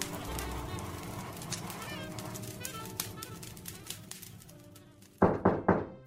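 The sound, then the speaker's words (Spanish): Three sharp, loud knocks on a door in quick succession, coming at the end after several seconds of low, steady background noise with faint crackles. “A veces, alguien llama a su puerta.”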